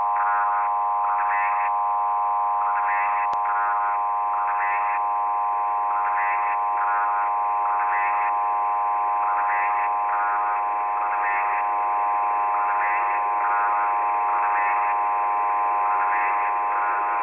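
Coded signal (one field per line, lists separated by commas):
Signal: numbers station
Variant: S06s, Russian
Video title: crazy number station from ukraine S06s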